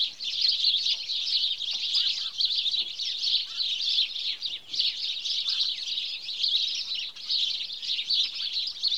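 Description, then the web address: House sparrows in a noisy flock, continuous high chirping with occasional softer, lower notes beneath. "BBC Sound Effects Library BBC 47-Birds 21 House Sparrow (Passer Domesticus)"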